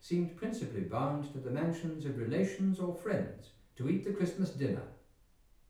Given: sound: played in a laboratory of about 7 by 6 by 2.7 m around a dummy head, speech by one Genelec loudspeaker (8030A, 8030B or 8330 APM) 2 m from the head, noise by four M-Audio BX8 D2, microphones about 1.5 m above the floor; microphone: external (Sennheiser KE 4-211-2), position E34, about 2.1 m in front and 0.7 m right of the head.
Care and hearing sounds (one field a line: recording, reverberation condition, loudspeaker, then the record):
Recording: male speech in English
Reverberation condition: medium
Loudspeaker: behind (180 degrees)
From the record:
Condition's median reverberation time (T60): about 510 ms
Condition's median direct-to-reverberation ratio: about -0.5 dB